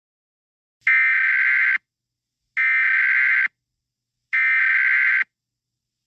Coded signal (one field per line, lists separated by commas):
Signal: Emergency Alert System (SAME) tones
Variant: header bursts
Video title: EAS SCENARIO 30: Mega Baby Bowser